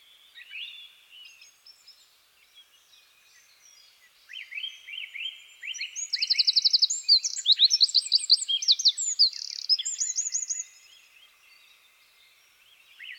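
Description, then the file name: Eurasian wren song: quiet chirping at first, then a long, loud burst of very fast high trills and shrill twittering notes lasting several seconds, then quiet again. "Troglodytes troglodytes"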